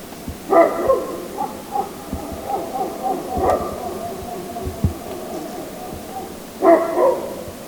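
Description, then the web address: Grey wolf howls, several steady mid-pitched tones held and overlapping, with short harsh rough-edged outbursts near the start, the middle and the end. "hlehto aania Susi"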